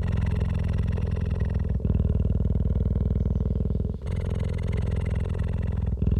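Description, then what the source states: Cheetah purring, a steady low throbbing rumble of rapid pulses, with brief breaks near two, four and six seconds. Adult cheetah.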